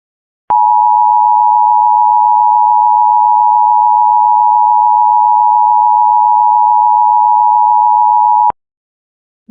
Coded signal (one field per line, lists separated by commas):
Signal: Emergency Alert System (SAME) tones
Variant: 853 and 960 Hz attention tone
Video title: (EAS #139) Required Monthly Test in MD (Feb 25th 2026)